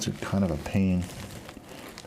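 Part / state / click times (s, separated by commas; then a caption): display cable connector into laptop screen panel socket / seated / 2.0 s. Someone talks while the small display ribbon connector of an Acer A515-47-RLXS laptop is worked into its socket on the laptop screen panel during a screen replacement, with soft crinkling handling noise after a fiddly attempt. A very light click at 2.0 s marks the connector seating, faint because the connector is so small.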